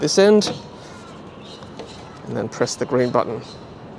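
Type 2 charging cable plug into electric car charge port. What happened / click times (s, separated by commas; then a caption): The charging plug is being handled but has not clicked home yet / none. Someone handles a Type 2 charging cable plug at an electric car's charge port, pressing the button on the plug, while someone talks over a low steady background hum. Nothing has seated or clicked yet; the plug is not yet home in the port.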